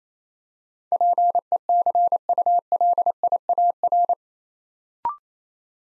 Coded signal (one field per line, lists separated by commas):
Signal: Morse code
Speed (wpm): 27 wpm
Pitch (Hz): 700 Hz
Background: none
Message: PECULIAR